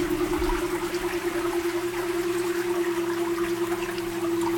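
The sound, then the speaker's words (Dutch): An electric boat motor, on a boat leaving the Polarplaats at the start of the Reitma route in Friesland, gives a soft, steady hum at one low-mid pitch, running unbroken under a continuous wash of water swishing and trickling along the hull. No one speaks. “Geen geronk van diesel of benzinemotoren, maar een zacht zoemend geluid om vooruit te komen.”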